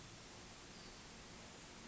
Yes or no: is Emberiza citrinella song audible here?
no